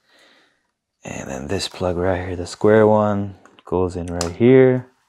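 A square wiring harness plug is handled at its socket on a new ASI BAC 8000 motor controller being installed on a 72-volt Sur Ron electric dirt bike. Someone talks throughout, with faint handling noise between phrases. The plug is not yet home, and nothing has seated or clicked by the end of the clip.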